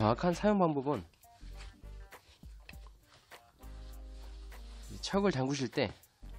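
A keyless chuck on a cordless drill is being tightened onto a bit by hand, and someone talks at the start and end of the clip. In between come faint handling and turning sounds with a few short ticks. The auto-lock chuck has not clicked or locked yet.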